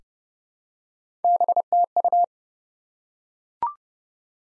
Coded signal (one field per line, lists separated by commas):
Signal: Morse code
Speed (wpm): 30 wpm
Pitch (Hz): 700 Hz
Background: none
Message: BTU